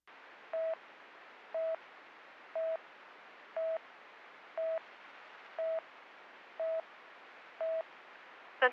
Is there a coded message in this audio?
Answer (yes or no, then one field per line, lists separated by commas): no